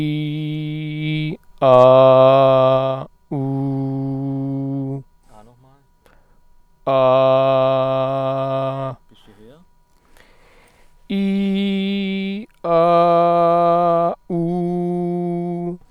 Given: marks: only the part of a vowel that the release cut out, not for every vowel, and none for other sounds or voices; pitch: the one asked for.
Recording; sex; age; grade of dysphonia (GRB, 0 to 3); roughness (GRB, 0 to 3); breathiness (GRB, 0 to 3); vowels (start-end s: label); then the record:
sustained vowels; male; 40 to 49 years; 0; 0; 0
0.00-1.19 s: vowel /i/, normal pitch
3.41-4.81 s: vowel /u/, normal pitch
6.98-8.71 s: vowel /a/, normal pitch
11.18-12.28 s: vowel /i/, high pitch
12.74-14.02 s: vowel /a/, high pitch
14.38-15.62 s: vowel /u/, high pitch
From the record:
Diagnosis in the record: healthy voice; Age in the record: 40 years